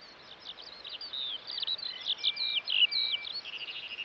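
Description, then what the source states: Eurasian Skylark song, a fast stream of high chirps and trills with one long steady whistle in the middle, fainter at the start. Recorded in West Clare; synonymous with warm summer days; the song is incredibly fast.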